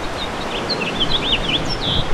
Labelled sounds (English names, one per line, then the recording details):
House Finch song
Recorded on Long Island, New York, on 2 June 2012
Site CP
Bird D